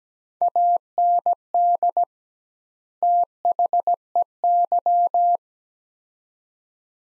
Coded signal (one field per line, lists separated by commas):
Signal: Morse code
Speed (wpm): 17 wpm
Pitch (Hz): 700 Hz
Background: none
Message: AND THEY